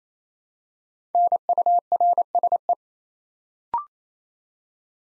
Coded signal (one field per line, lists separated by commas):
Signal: Morse code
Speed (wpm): 28 wpm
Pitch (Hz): 700 Hz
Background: none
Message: NURSE